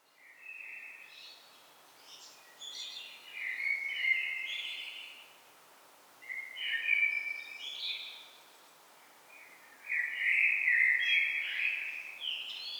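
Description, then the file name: Common blackbird singing several fluted, warbling phrases separated by short pauses, some with thin, higher squeaks, over a soft background hiss. "Turdus merula"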